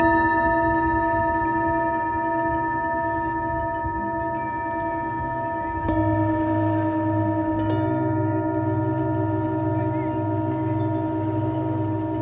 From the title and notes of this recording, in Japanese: メキシコから シンギングボウルのサウンドヒーリング ライブ。